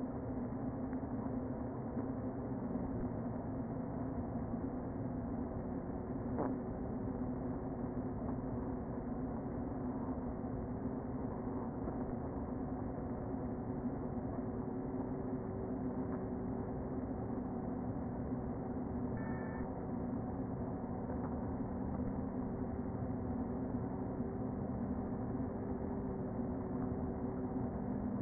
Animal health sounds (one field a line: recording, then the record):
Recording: honeybee colony, microphone inside the hive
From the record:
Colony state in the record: queen present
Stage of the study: before two queens were removed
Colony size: about 60,000 bees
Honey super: yes